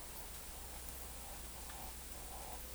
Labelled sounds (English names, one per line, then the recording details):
none
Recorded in forest near Pivijay, Magdalena, Colombia, on 6 June 2023 at 11:30
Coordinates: 10.467, -74.380
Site Z5-G034